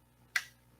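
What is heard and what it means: A guide rail piece is fitted onto the edge of a printer bed plate, with some clearance so it can slide along the plate, while the bed is prepared for printing polyacetal. A single sharp, short hit with bright high-frequency content sounds at 0.4 s against a quiet background, then quickly fades. The rail seats just right on the plate, possibly on the wrong side, but it still fits.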